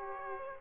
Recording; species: mosquito wingbeat signal from an infrared sensor; Aedes aegypti